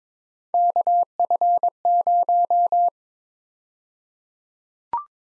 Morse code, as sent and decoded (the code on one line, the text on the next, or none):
-.- ..-. -----
KF0